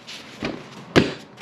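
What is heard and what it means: A passenger armrest is pressed in and dropped into its seat mount on a 2024 Can-Am Spyder three-wheel motorcycle. Two sharp clicks are heard at 0.5 and 1.0 seconds as its two retaining tabs engage, with the second click louder. The armrest is seated with both tabs fully engaged.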